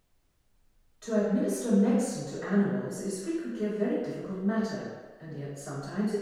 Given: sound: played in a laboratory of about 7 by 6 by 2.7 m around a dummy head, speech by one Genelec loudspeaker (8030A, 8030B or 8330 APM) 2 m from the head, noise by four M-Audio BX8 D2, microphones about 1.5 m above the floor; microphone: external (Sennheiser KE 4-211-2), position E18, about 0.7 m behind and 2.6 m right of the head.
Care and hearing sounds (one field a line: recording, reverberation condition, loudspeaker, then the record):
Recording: female speech in English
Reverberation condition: high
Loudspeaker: in front (0 degrees)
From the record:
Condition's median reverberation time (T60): about 1300 ms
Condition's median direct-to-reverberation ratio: about -4.0 dB